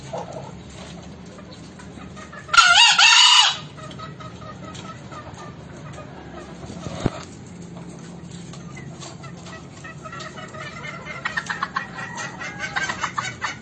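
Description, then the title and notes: Green junglefowl crowing once near the start, a short rasping burst, then a quieter background with a sharp click and scattered ticking and chirping toward the end. Crowing of green junglefowl used as a lure (masteran) to make silent wild junglefowl respond, for trapping. "Kokok Ayam Hutan. MASTERAN AYAM HUTAN HIJAU YANG MACET BUNYI WAJIB NYAUT. Pemikat Ayam Hutan"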